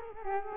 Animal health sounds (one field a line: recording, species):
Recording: mosquito wingbeat signal from an infrared sensor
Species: Culex quinquefasciatus